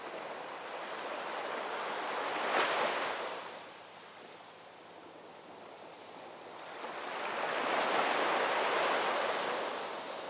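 Ocean waves roll in and wash out in slow cycles, one surge cresting near the three-second mark and a broader, longer one swelling from about seven to nine seconds. Between them the hiss of water settles into a quieter, steady wash, with no other sounds.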